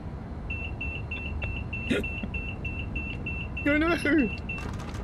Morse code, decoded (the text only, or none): none